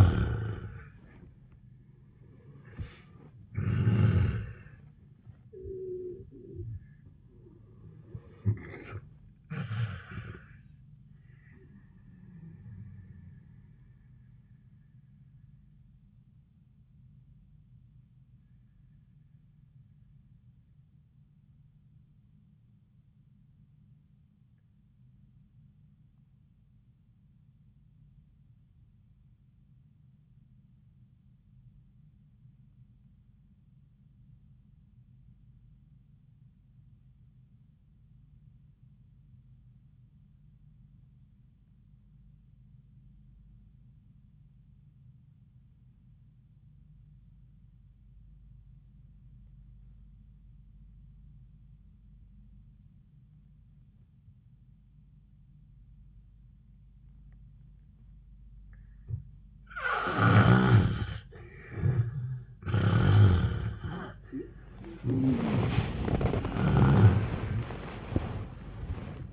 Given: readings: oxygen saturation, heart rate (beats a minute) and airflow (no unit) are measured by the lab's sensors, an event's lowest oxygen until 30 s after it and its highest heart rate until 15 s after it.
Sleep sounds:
breathing in sleep by a smartphone at the bedside; 1
20.00-60.20 s: obstructive apnea (REM, oxygen 96% highest, then 69% lowest, heart rate 73 at the start, 101 highest)
38.00-69.33 s: new sleep stage, N1 (lightest sleep)
From the record:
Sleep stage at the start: REM sleep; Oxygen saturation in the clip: 69 to 96%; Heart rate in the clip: 70 to 93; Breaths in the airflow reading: 6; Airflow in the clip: -35.5 to 14.3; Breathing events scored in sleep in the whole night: 400 in 8.7 hours asleep

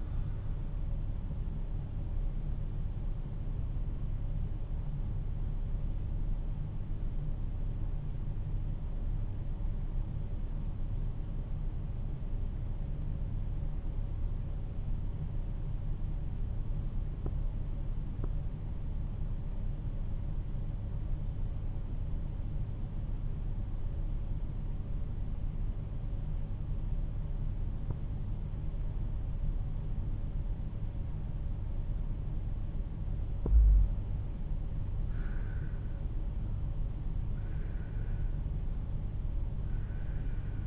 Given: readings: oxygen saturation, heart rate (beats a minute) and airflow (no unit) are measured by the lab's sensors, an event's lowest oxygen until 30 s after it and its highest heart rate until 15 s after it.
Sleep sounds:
breathing in sleep by a smartphone at the bedside; 1
5.00-34.60 s: hypopnea (N1, oxygen 95% highest, then 86% lowest, heart rate 46 at the start, 57 highest)
From the record:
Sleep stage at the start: N1 (lightest sleep); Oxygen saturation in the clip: 85 to 95%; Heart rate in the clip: 45 to 58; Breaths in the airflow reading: 5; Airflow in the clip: -6.6 to 10.7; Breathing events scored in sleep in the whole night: 388 in 6.5 hours asleep

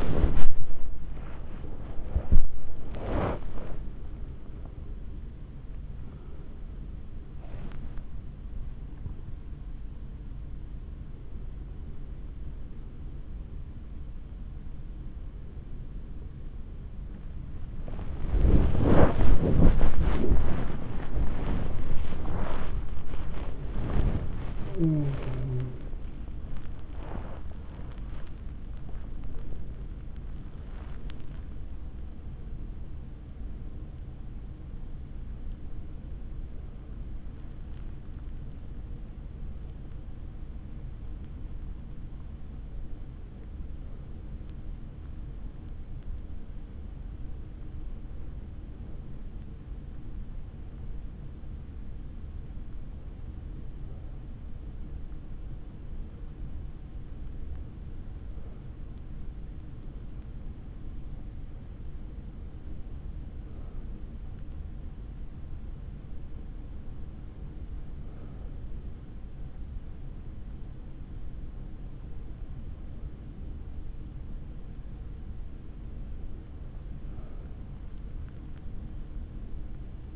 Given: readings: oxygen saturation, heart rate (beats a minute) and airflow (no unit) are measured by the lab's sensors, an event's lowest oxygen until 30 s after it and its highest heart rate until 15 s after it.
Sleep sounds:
a person awake in a sleep study, by a smartphone at the bedside; 1
0.00-44.00 s: awake
28.00-72.30 s: hypopnea (scored as awake, oxygen 97% highest, then 93% lowest, heart rate 91 at the start, 94 highest)
44.00-74.00 s: new sleep stage, N1 (lightest sleep)
74.00-80.16 s: new sleep stage, N2 (light sleep)
From the record:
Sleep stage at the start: awake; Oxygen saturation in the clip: 93 to 98%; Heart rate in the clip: 62 to 94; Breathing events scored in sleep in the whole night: 160 in 9.3 hours asleep

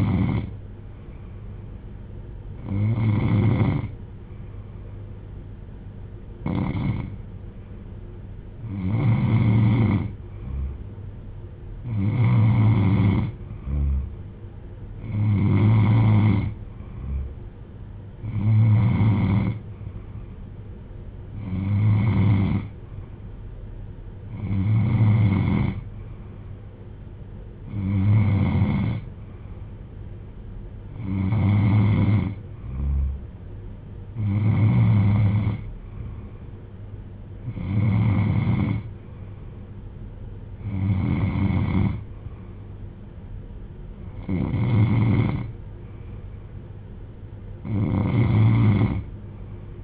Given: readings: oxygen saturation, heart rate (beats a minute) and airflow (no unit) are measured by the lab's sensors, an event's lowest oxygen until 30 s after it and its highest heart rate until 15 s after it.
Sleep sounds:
breathing in sleep by a smartphone at the bedside; none
none scored
From the record:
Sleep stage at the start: N3 (deep sleep); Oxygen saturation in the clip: 92 to 95%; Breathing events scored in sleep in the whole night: 310 in 8.1 hours asleep

